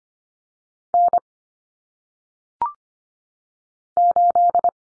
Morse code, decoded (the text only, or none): N 8